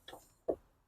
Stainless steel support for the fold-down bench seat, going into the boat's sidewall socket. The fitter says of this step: slide in lock into place all very heavy duty 3 16. stainless steel there